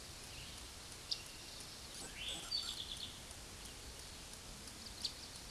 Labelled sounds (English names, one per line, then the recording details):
Eastern Towhee song
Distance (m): 40 m
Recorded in a Pennsylvania forest on 17 May 2023 at 13:57
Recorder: AudioMoth, point grid1_8_low
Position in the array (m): 136 m, 116 m